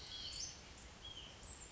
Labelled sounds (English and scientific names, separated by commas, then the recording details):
Western Flycatcher (Empidonax difficilis)
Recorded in Sonoma County, California